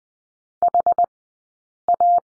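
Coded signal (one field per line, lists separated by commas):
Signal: Morse code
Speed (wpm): 20 wpm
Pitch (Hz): 700 Hz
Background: none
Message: HA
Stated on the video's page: Morse lesson for the letter L at Farnsworth speed 20/10 wpm.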